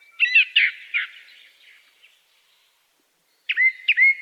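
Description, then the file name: Song thrush song: a scratchy, chirping phrase fading out, a pause of over a second, then a bright whistled note given twice. "song thrush bird melodic song"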